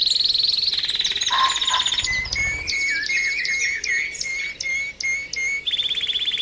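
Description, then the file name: Canary singing varied fast trills and chirps, with a brief low rattling burst and clipped repeated notes, ending on a high steady trill. Canary therapy (training) song. "kenari terapi omkicau"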